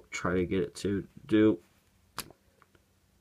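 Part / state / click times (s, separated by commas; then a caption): plastic guard part on a toy excavator cab / released / 2.2 s. Someone talks, then a plastic guard part on the cab of a Case CX240B "long reach" scale model excavator is popped off its mount with a sharp snap at 2.2 s. A few faint small ticks follow, and the part comes free, released from the model.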